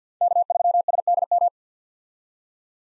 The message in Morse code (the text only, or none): K3SDM